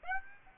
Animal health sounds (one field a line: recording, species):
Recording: mosquito wingbeat signal from an infrared sensor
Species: Aedes aegypti